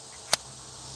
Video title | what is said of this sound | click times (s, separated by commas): FIXED BLADE FRIDAY!!! | the retention in it nice click going in | 0.3 s